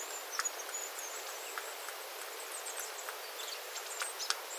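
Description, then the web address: Small birds calling in thin, very high notes over irregular water drips and a faint hiss. Small flock of small birds calling on 9 September 2025 after rain, with water dripping from the eaves. "paivat 9 9 2025 pikkulintuparven aantelya vesi tippuu raystaalta sateen jalkeen"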